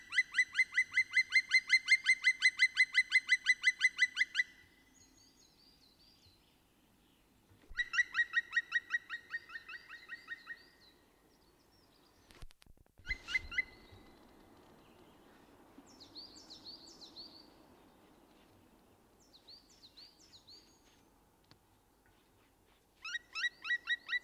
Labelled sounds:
Black Woodpecker call
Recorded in the wild
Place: Garmisch-Partenkirchen, Bayern, DE
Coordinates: 47.5072, 11.0847
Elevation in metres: 725
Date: 1973-04-26
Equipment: Nagra IV, Sennheiser MKH 405, Parabolreflektor
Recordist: Tretzel, Erwin

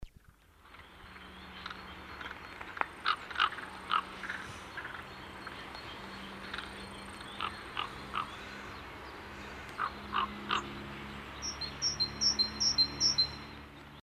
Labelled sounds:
Common Raven call
Great Tit
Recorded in the wild
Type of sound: call
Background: Parus major
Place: Garmisch-Partenkirchen, Bayern, DE
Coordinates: 47.4931, 11.0636
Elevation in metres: 780
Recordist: Tretzel, Erwin
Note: Aufnahme Ostern 1971, Almhüttensenke, Garmisch-Partenkirchen: Ruf

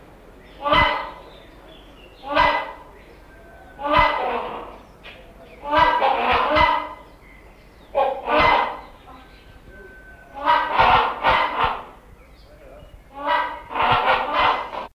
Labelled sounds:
Rhinoceros Hornbill call
Great Hornbill
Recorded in captivity
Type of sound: call
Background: Buceros bicornis
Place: Vogelpark Walsrode, Niedersachsen, DE
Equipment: Halbspur, 9,5 cm/s
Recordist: Lütgens, Hans
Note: Rufe

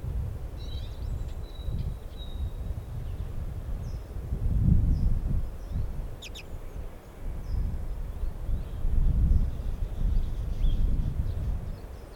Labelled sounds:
Common Redpoll call
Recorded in captivity
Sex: male
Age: adult
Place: Serrahn, Mecklenburg-Vorpommern, DE
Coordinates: 53.667, 12.347
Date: 1978-01-02
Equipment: Nagra III BH, Sennheiser MD 21
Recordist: Schubert, Michael

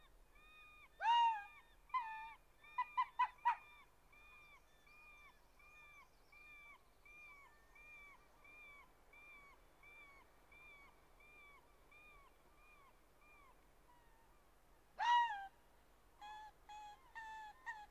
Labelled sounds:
Arctic Fox call
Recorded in the wild
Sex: male
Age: adult
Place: Insel Mednyi, Kommandeur-Inseln, RU
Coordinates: 54.5167, 168.083
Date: 1999-07-16 11:48
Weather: Hochnebel, 7,3°C, am Strand klare Sicht, kein Wind
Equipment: Sony WM-D6C, Sennheiser ME 80, Schalter I, Windkorb, Kopie Tascam DA 30
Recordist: Frommolt, Karl-Heinz

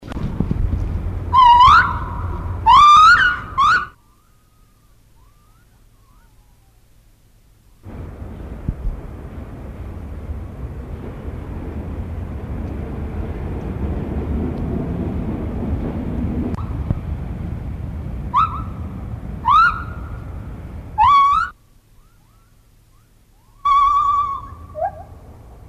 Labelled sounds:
Lar Gibbon
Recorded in captivity
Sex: male
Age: adult
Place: Zoo Rostock, Mecklenburg-Vorpommern, DE
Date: 1975-12-05 12:20
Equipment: Uher CR 210, Verstärker, Sennheiser MD 421, Kopie Unitra ZK 246
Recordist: Tembrock, Günter

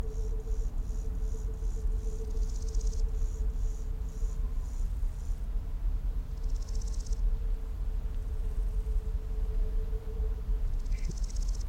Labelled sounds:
Large Gold Grasshopper stridulation
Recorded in the wild
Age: imago
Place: Mühlenbecker Teiche, Brandenburg, DE
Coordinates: 52.69, 13.394
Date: 1993-08-14 13:20
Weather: 20°C, sonnig
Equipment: Marantz CP 430, Sennheiser ME 80, Kopie Uher Variocord 263
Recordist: Tembrock, Günter

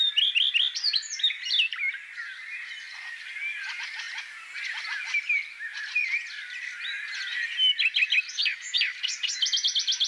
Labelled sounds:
Common Redstart song
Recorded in the wild
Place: Oberrotweil am Kaiserstuhl / Bickensohl, Baden-Württemberg, DE
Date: 1984-06-11
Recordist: Schwarz, Dieter

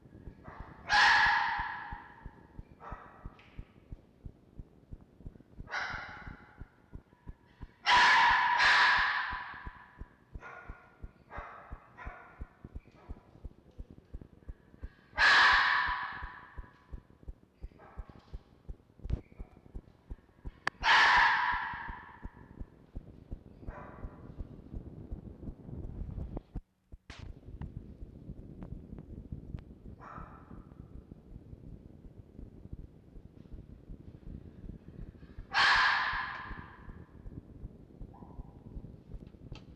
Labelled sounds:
Red Fox
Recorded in captivity
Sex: group
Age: adult
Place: Zoologisches Institut der HUB, Berlin, DE
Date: 1952-02-24 12:10
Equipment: Elmetra
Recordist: Tembrock, Günter

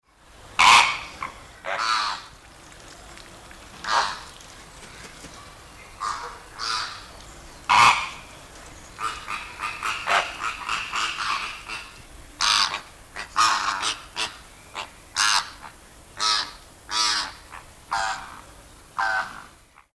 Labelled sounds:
Greater Flamingo
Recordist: Tembrock, Günter
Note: Lautäußerungen in der Gruppe

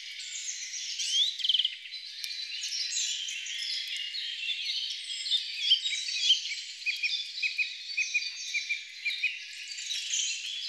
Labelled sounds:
Song Thrush song
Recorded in the wild
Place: Waltershofen / Freiburg im Breisgau, Baden-Württemberg, DE
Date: 1996-05-12
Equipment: Dat-Recorder Casio DA 7, Telinga DAT, Telinga-Parabolspiegel
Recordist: Schwarz, Dieter

